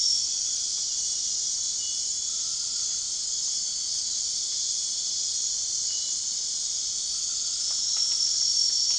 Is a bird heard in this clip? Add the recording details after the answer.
no. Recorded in dense forest near Puerto Asís, Putumayo, Colombia, on 21 March 2025 at 23:00. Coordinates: 0.499, -76.324. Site GP03